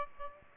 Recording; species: mosquito wingbeat signal from an infrared sensor; Aedes aegypti